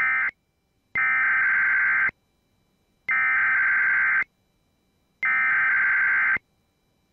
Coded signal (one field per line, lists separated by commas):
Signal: Emergency Alert System (SAME) tones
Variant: header bursts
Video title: Tests Galore (EAS 673-684)